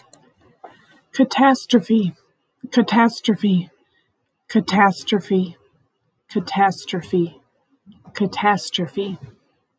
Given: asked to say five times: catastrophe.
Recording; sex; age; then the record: repeated word; female; 30 to 39 years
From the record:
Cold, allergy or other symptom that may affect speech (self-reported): no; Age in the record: 39 years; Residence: Montana, United States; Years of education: 16